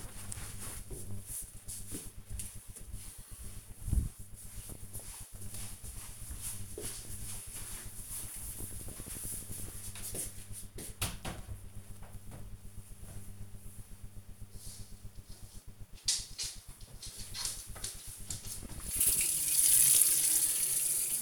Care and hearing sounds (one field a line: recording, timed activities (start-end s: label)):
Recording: household activities, microphone on the right wrist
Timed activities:
16.76-21.21 s: washing dishes